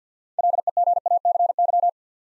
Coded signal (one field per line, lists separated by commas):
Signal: Morse code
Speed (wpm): 50 wpm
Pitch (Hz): 700 Hz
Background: none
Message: LEGACY